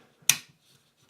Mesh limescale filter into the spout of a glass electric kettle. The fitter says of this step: to replace it just simply pop it back in and hear it lock and snap in place